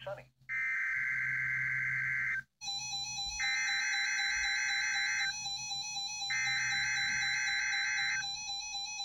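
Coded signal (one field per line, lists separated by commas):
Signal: Emergency Alert System (SAME) tones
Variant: header bursts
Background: speech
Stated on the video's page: Failed Required Weekly Test.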